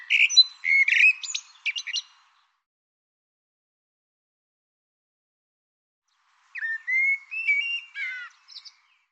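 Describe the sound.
Bird producing two short bursts of scratchy, twittering notes with falling and rising slurs, separated by a long silent pause.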